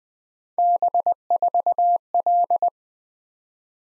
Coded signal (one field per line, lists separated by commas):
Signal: Morse code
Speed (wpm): 20 wpm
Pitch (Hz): 700 Hz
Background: none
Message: B4L